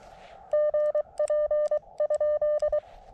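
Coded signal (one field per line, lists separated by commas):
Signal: Morse code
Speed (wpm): 23 wpm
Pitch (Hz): 600 Hz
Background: none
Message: GP?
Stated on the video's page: CW Parks On The Air activation with a KX2 in horrendous conditions, later using a better antenna.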